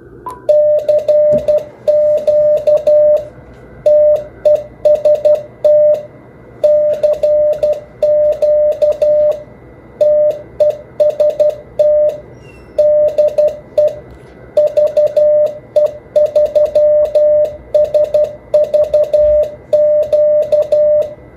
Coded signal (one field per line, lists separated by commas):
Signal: Morse code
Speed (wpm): 12 wpm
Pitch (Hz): 600 Hz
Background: none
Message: CQ TEST CQ TEST DE VE3SVQ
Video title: NEW CW OPS- HOW TO USE THE REVERSE BEACON NETWORK